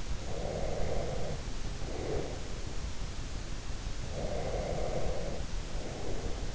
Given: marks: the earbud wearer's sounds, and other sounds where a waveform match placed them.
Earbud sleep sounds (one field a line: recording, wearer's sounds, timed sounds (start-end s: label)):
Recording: sounds in sleep by an in-ear microphone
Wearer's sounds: breath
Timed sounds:
0.11-2.57 s: breath
4.09-6.54 s: breath